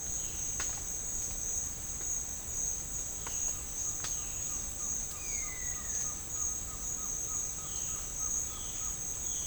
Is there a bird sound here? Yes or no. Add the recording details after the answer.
yes. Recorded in dense forest near Puerto Asís, Putumayo, Colombia, on 25 June 2025 at 13:30. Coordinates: 0.481, -76.323. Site G072